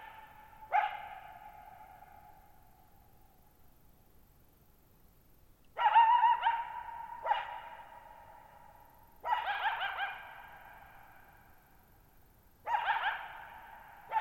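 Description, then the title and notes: Coyote barking and yipping in repeated bursts separated by quiet gaps, the wavering notes echoing long after each call. Lone coyote at night, July 14, 2019, near Thirtymile Meadows, Okanogan National Forest, Okanogan High Country, Pacific Northwest, 6400 ft (1950 m); high dry plateau with tall sharp mountains, shallow bowl-shaped meadows forming a natural amphitheater. "Lone Coyote at Thirtymile Meadows. I spent the night of July 14, 2019, camped near Thirtymile Meadows in the Okanogan National Forest at 6400 ft (1950 m)"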